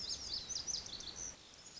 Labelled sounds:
Lazuli Bunting (Passerina amoena)

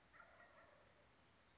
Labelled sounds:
Wild Turkey (Meleagris gallopavo)

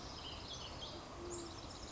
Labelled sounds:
Ash-throated Flycatcher (Myiarchus cinerascens)

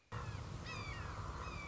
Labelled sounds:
Red-shouldered Hawk (Buteo lineatus)

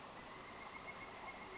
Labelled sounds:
Western Flycatcher (Empidonax difficilis)

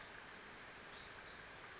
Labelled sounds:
Pacific Wren (Troglodytes pacificus)

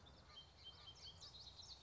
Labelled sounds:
Common Yellowthroat (Geothlypis trichas)

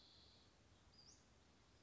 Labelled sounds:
Western Flycatcher (Empidonax difficilis)

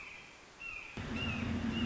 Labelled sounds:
Red-shouldered Hawk (Buteo lineatus)

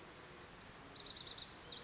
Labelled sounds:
Lazuli Bunting (Passerina amoena)

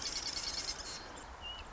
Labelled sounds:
Marsh Wren (Cistothorus palustris)

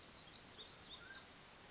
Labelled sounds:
Mountain Quail (Oreortyx pictus)

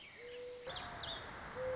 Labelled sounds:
Mourning Dove (Zenaida macroura)

